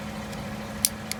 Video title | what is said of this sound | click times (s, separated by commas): Wiper blade replaced under 3 min | all you do is just snap it back in here make sure it clicks and | 0.9 s